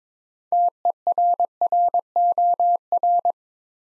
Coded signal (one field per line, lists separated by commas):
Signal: Morse code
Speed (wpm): 22 wpm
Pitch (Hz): 700 Hz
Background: none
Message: TERROR